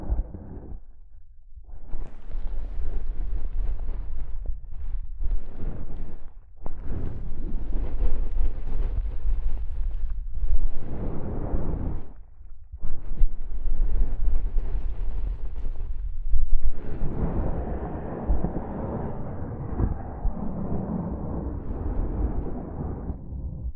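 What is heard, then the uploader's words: Soft fabric brushes against a microphone in uneven rumbling sweeps with brief pauses, turning into a denser, continuous rustle after about sixteen seconds. ASMR Mic Brushing using Soft Fabric (No Talking).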